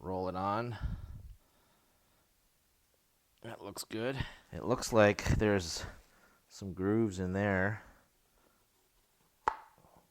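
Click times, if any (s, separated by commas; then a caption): 9.5 s. A new oil filter cartridge, a paper element with a plastic end cap, is fitted onto the center tube of the filter housing cap insert on a 1994 Mercedes C280 after its O-ring is fitted. Someone talks, then a single sharp click at 9.5 s marks the cartridge seating onto the insert. The click is thought to come from the retainer that keeps the filter from falling out.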